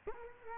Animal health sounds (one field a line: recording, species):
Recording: mosquito wingbeat signal from an infrared sensor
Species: Culex quinquefasciatus